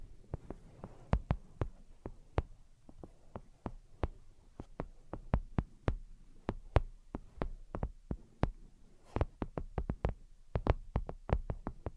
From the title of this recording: Brain Penetrating 3D Tapping